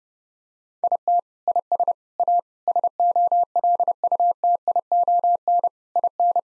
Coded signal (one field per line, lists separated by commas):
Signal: Morse code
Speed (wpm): 30 wpm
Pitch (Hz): 700 Hz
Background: none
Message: IT IS A SOLUTION IN